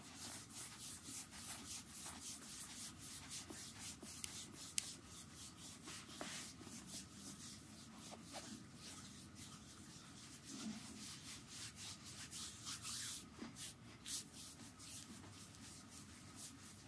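Hands rub steadily over skin in a foot massage, a dense, continuous brushing with quick bright strokes repeating throughout, plus a faint steady tone.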